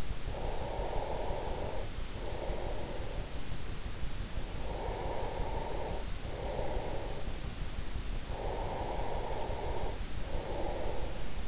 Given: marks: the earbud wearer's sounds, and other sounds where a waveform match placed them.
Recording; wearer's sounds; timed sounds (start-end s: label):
sounds in sleep by an in-ear microphone; breath
0.00-4.00 s: breath
4.46-7.66 s: breath
8.23-11.48 s: breath